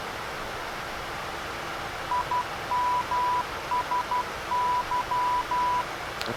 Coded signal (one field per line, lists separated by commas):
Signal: Morse code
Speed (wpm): 12 wpm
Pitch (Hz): 990 Hz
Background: none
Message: IMSY